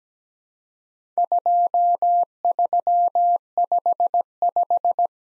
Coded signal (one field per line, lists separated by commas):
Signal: Morse code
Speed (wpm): 17 wpm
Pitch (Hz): 700 Hz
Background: none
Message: 2355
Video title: Worked All Europe DX Contest QTC Exchange with Repeats 17wpm